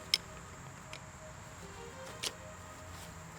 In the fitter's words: two extender poles snaps